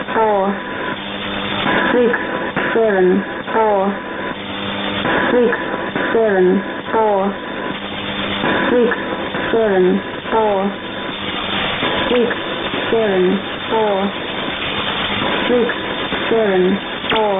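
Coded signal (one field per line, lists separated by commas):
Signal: numbers station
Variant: E17z English Lady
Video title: 04 01 2018 Numbers station E17z English Lady in English to Eu 0810 on 9820 unknown tx site in CUSB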